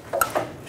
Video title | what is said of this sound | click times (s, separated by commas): How to Replace Electric Fuel Pump 2000-2007 Ford Focus | push until you hear a click | 0.2 s